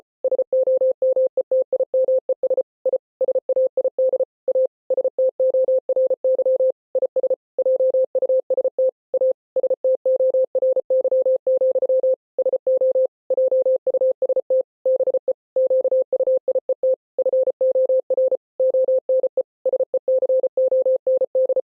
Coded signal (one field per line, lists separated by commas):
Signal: Morse code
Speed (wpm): 33 wpm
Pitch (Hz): 520 Hz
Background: none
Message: SOMETIMES I SAID A STORY IS JUST A STORY, SO JUST BE QUIET FOR ONE SECOND